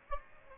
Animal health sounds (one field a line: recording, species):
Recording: mosquito wingbeat signal from an infrared sensor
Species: Aedes aegypti